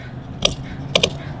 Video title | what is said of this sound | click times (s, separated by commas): HOW TO INSTALL JEEP WRANGLER JL GAS CAP COVER | there that's locked in close look how much better that looks | 0.4 s, 1.0 s